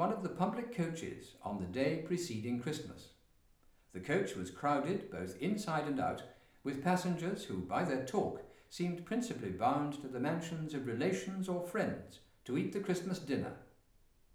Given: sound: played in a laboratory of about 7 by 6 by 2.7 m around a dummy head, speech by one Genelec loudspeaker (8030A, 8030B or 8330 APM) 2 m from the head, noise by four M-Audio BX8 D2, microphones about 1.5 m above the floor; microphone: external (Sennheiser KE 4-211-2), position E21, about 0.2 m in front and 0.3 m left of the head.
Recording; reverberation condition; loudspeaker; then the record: male speech in English; medium; 30 degrees to the left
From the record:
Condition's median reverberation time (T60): about 510 ms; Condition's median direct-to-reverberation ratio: about -0.5 dB